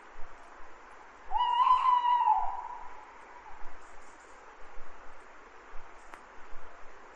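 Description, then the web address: Owl giving one long, flat, slightly wavering tone rich in harmonics, about a second long, then quiet hissing background with a faint click. Recorded on 3 May. "numbersquash nighdi 3 may owls"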